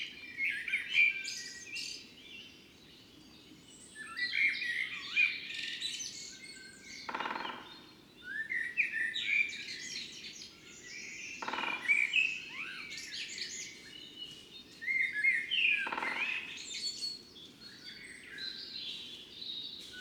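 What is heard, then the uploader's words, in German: Birds sing in the morning before a fox den, several voices overlapping in quick, bright chirps and twittering phrases that come in bursts every few seconds. Three short whooshing rushes break through near 7, 11.5 and 16 seconds, over a steady low rumble. Der Morgen vor dem Fuchsbau. Anders als in der Lehmgrube wachen hier die Vögel zu unterschiedlichen Zeiten auf. Auch dies ist eine Kunstkopfaufnahme, die mit Kopfhörern deutlich eindrucksvoller klingt.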